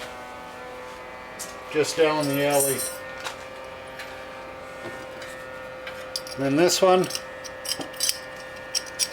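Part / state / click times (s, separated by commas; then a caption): metal brake pad retaining clip into front brake caliper bracket / seated / 8.1 s. Someone talks while fitting a metal brake pad retaining clip into the front brake caliper bracket of a Mazda pickup truck, where such clips help hold the brake pads in the proper location. Over a steady background hum, there are a few light metallic taps around 5.9 s and 6.2 s, then a sharp metallic hit at 8.1 s as the clip pops into place and seats.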